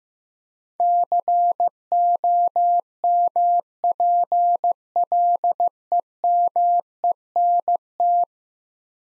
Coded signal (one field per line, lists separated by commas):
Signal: Morse code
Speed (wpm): 15 wpm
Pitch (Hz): 700 Hz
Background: none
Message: COMPLEMENT